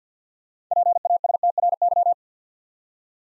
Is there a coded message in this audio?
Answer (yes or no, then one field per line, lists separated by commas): yes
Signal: Morse code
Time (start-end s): 0.7-2.1 s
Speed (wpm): 45 wpm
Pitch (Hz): 700 Hz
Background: none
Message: PASTRY